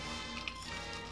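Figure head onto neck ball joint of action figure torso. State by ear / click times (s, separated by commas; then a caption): not seated / none. The plastic head of a 6-inch Marvel Legends build-a-figure action figure is handled onto the neck ball joint of its torso. Steady background music plays, with a brief faint handling tap at about 0.5 s. The head has not snapped on yet; nothing has seated.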